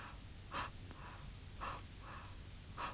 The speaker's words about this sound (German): Die Babys schlafen, Sogar die Raben haben ihre schlappen Flappen schon zur Nacht gefaltet in der eingelullten, umstummten Stadt. Psst. Hörst du sie atmen? So atmen?